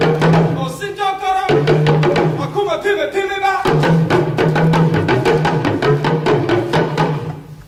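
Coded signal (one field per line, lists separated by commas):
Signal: talking drum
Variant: Dagomba luna, Ghana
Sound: fast rhythmic drum strokes with bending low pitches over sustained tones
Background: music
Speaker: if you don't understand the language you don't know but I'm speaking a musical poetry that says something about tradition tradition is given to our grandparents they pass it to our parents they pass it on to us and it is our responsibility to pass it on to the next Generation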